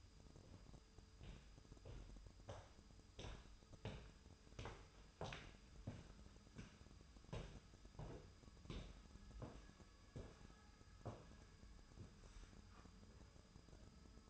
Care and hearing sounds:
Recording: daily activity, microphone in the room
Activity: walk to room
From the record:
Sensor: 2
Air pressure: 988.1 hPa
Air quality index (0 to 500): 182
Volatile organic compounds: 137 ppm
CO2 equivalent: 3964 ppm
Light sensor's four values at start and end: 21/71/28/26 and 21/70/27/26

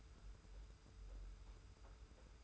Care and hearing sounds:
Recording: daily activity, microphone in the room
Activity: take from stove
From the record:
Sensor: 2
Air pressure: 991.0 hPa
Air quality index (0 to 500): 109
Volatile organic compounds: 47 ppm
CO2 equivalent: 3253 ppm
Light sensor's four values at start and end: 35/103/40/38 and 35/103/40/38

